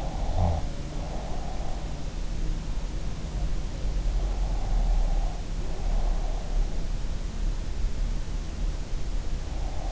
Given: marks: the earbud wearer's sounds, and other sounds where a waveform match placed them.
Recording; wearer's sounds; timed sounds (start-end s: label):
sounds in sleep by an in-ear microphone; breath
0.00-1.79 s: breath
4.50-6.58 s: breath